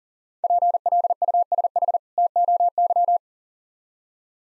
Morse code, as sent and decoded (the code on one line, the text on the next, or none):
.--. .-.. ..- ... .... / - --- -.--
PLUSH TOY